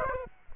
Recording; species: mosquito wingbeat signal from an infrared sensor; Aedes aegypti